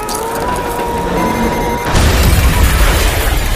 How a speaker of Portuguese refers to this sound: Ele explode, cara, com uma puta que pariu, uma mega explosão.